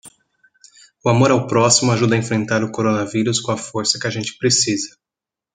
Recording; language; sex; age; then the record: spoken sentence; Brazilian Portuguese; male; 30 to 39 years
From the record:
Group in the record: control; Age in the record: 31 years